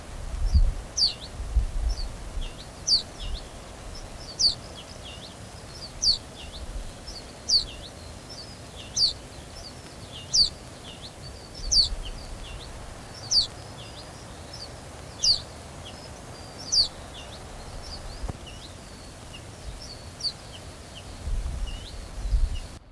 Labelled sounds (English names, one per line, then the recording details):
Ortolan Bunting begging call
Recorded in the wild
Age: juvenile
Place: Schloß Holte-Stukenbrock, Senne, Nordrhein-Westfalen, DE
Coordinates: 51.8683, 8.6575
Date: 1966-05-28
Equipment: Uher 4000 Report-S, Bändchenmikro Beyer M 260, Parabolspiegel Polyester (470 mm)
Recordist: Conrads, Klaus